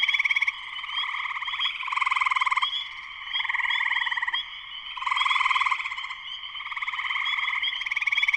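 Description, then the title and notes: Spring peepers calling together, a constant wall of high peeps and pulsed trills surging in repeated bursts. Full chorus of many spring peepers shortly after sunset, Sleeping Bear Dunes National Lakeshore, northern Michigan, USA; recorded by Darrin Wassom. "Spring peepers (chorus frogs) in concert. Spring peepers (chorus frogs) in full chorus shortly after sunset in the Sleeping Bear Dunes National Lakeshore in northern Michigan, USA. Recorded by Darrin Wassom. Music for Sleep"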